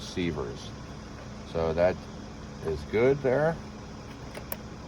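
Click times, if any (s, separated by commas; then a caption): 4.5 s. Someone talks over a steady low background hum as a fiber optic connector is plugged back into the optical receiver of a GS7000 cable TV node after the light meter level reads good. A short, sharp click at 4.5 s marks the connector seating in the receiver.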